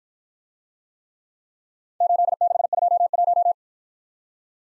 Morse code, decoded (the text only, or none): 8621